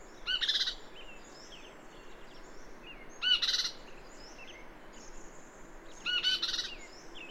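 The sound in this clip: Bird singing short bright phrases of high chirps and whistled notes, repeated roughly every three seconds over a steady background hiss.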